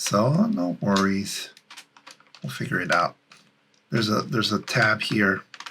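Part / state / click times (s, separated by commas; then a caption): detachable faceplate onto transceiver body / not seated / none. Someone talks while handling the detachable plastic faceplate of an FT-857D transceiver against the radio body, searching for its locating tab. Soft taps and small clicks come around 1.7–2.3 s and again near 5.6–5.7 s. Nothing has seated or clicked home yet.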